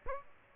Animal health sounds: mosquito wingbeat signal from an infrared sensor; Aedes aegypti

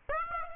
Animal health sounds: mosquito wingbeat signal from an infrared sensor; Aedes aegypti

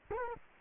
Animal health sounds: mosquito wingbeat signal from an infrared sensor; Culex quinquefasciatus

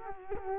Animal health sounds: mosquito wingbeat signal from an infrared sensor; Culex quinquefasciatus

